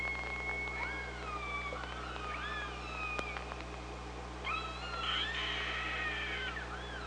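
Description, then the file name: Killer whale calls and whistles overlap: long level whistles, bending harmonic calls and a dense burst of pulsed sound near the end, over steady low hum. Recorded by OrcaLab hydrophone on 24 August 2017 at 05:27. "Orca Lab UTLN JASON 20170824 052721"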